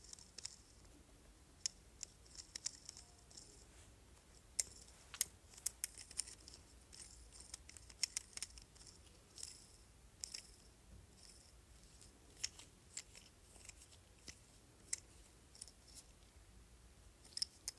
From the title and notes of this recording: ASMR Jade Roller.